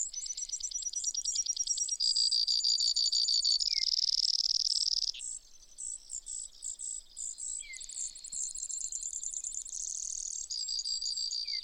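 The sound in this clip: Brewer's sparrow delivering a long continuous song, one high trill after another, some slow and ringing, others fast and buzzy, barely pausing.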